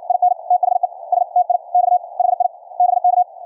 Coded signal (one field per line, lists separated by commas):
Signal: Morse code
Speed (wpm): 53 wpm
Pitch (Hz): 700 Hz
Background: none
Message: IN THE STIX HI BK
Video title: QRQ CW NET on 40 meters - recorded LIVE from an Elecraft K3S on 4-28-2019